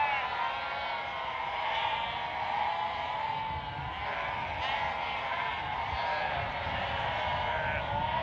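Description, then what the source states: Sheep flock bleating continuously, a steady blur of overlapping wavering cries with no individual bleat standing out for long. Sheep bleating at a prairie.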